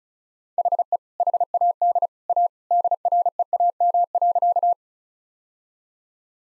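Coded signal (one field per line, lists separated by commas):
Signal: Morse code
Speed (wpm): 36 wpm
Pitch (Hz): 700 Hz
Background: none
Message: HE HAD A DREAM.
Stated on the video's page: Morse practice drill at 35 wpm, sentences of common two-word phrases, each sent twice.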